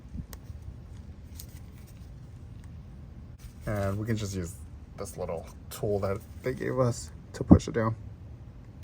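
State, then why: Not seated. Someone talks while getting ready to push the spring clip of a metal master link onto the drive chain of a Razor E200/E300 electric scooter, using the small supplied tool. Faint brief ticks sound at about 0.3, 1.4 and 2.6 seconds. The clip has not yet snapped into place, and nothing has seated or clicked.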